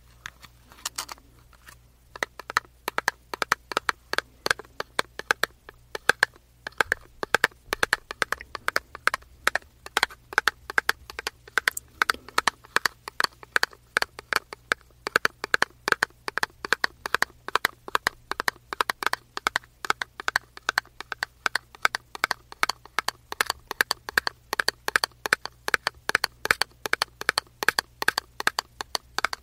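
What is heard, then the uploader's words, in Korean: Fingers tap steadily on a cosmetics box, crisp sharp knocks coming in quick, fairly regular bursts throughout, over a faint low hum. ASMR 화장품 박스 탭핑 소리 가득.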